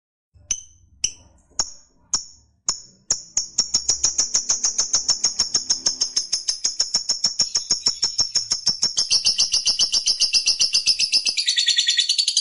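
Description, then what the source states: Lovebird giving a few separate sharp high chirps, then breaking into a continuous fast pulsed chatter that grows denser and louder toward the end. Fighter-type lovebird singing energetically in the gacor style.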